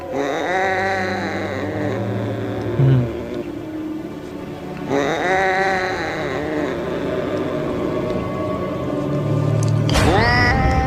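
Long, drawn-out cat yowls with a wavering, strained pitch come in three swells, the last one rising sharply at the end, over a steady low rumble, from a cat rubbing against a person's legs.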